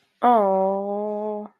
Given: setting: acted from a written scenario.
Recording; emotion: vocal sound without words; disappointment